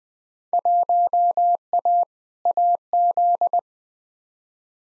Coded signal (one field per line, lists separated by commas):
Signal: Morse code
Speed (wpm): 20 wpm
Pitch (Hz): 700 Hz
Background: none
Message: 1A AZ